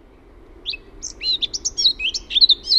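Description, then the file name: Eurasian blackcap song, a quick run of varied clear notes growing louder into fluty phrases toward the end, over faint low hum. "MUSTAPAAKERTTU"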